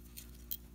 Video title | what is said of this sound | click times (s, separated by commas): January 19, 2019 - 1 lb propane tank valve removals for safe disposal | go in here and it should click in let's | 0.5 s